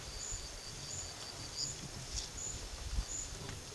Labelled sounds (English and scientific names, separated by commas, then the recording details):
none
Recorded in pastures near Puerto Asís, Putumayo, Colombia, on 8 March 2025 at 11:30
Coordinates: 0.487, -76.322
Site G077